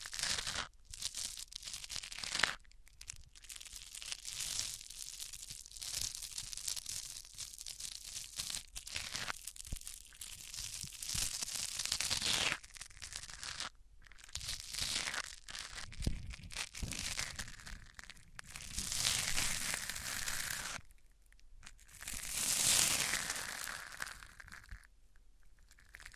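Microphones are rubbed across different surfaces in long scraping strokes, each a bright, hissy crinkling rush lasting a few seconds. Short silent gaps separate the strokes, and a few sharp crunchy clicks break through. Near the end, a brighter, smoother swipe stands out.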